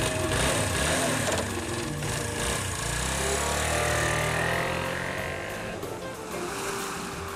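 Ocean waves at the seaside wash in a steady, loud, hissing rush, with a low droning mechanical hum running underneath throughout.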